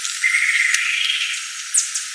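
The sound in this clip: Bird calling with a thin, steady whistled note, then a brief high down-slurred chirp, over a constant hiss of background noise.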